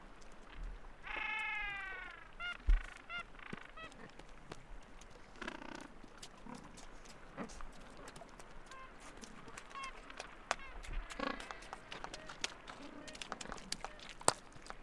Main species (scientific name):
Pygoscelis papua